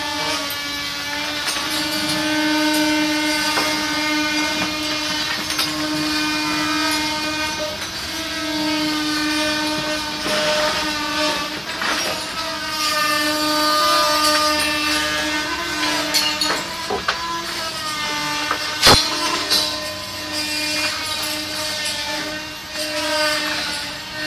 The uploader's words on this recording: Restauratiewerkzaamheden aan de 3e Hogere Burger School aan de Mauritskade in Amsterdam. Restoration work on the 3rd Hogere Burger School (old name for secondary school) at the Mauritskade, Amsterdam.